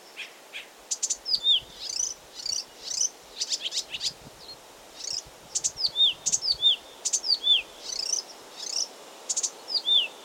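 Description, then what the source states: Blyth's reed warbler song: quick bursts of high buzzy notes and falling whistles, phrases repeated in a lively, varied sequence. Recorded 16 June 2022.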